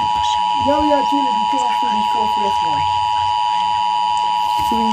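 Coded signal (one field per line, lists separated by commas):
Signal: Emergency Alert System (SAME) tones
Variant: 853 and 960 Hz attention tone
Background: speech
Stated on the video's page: EAS tones received on an analog television.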